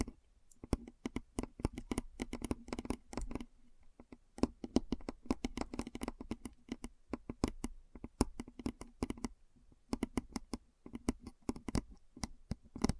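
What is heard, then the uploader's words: Keyboard typing in rapid bursts of crisp clicks and taps with brief pauses near 4, 8 and 10 seconds. The keystrokes are sharp and bright with a soft low thock under each, and it is quiet around them. ASMR Keyboard Sounds (No Talking).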